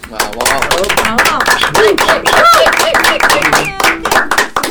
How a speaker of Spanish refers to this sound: Gracias por venir, chicos, y los despedimos como siempre a todos los artistas que pasan por acá con un aplauso.